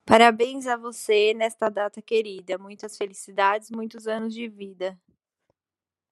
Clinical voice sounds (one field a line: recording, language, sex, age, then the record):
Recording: short text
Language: Brazilian Portuguese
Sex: female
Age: 20 to 29 years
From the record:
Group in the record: control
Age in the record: 24 years